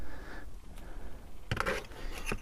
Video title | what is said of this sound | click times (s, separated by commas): WHAT LEADS TO USE FOR UK SEA FISHING? - A BEGINNERS GUIDE SEA FISHING LEADS | push them back and they just click into place like that | 1.5 s, 1.6 s